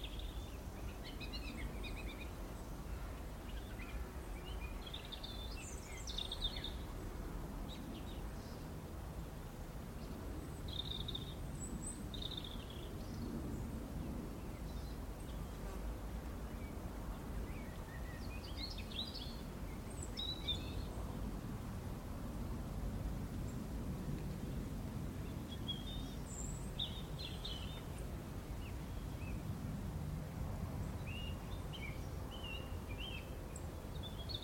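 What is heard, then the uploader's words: Wild birds chirp and call in a gentle chorus, short bright notes scattered throughout, sometimes several close together. Beneath them runs a steady low rumble of outdoor noise that never stops, with the birds sitting lightly on top of it for the whole stretch. Peace and birdsong in a Gloucestershire churchyard. This week's episode is recorded by Fergus Collins.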